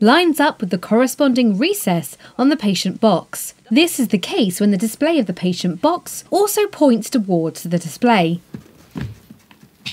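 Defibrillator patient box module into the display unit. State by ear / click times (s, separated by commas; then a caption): seated / 9.0 s. A corpuls3 defibrillator patient box module is lined up with the triangle on the display unit, its display pointing toward the display, and pushed together while someone talks. A sharp click at 9.0 s confirms it has seated correctly, followed by a fainter tick at 9.5 s.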